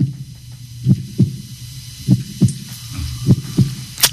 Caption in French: Le premier son qu'on a tous entendu. C'est la première chose qu'on entend, les battements du cœur de sa mère.